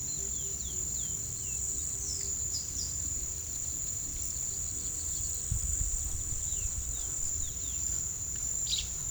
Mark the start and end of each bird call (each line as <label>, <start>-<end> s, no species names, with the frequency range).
bird call (3.1-5.6 kHz), 0.00-1.33 s
bird call (2.2-5.8 kHz), 8.44-9.11 s